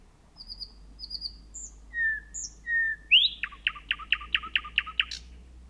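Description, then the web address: Thrush nightingale song: a few thin high whistles and slurred notes, then a loud rising note leading into a fast series of about eight sharp repeated clicks. Recorded on 3 June 2016. "fagelljud 20160603 naktergal"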